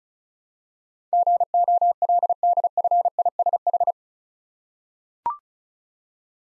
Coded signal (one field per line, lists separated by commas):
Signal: Morse code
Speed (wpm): 36 wpm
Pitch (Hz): 700 Hz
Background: none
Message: GOLDFISH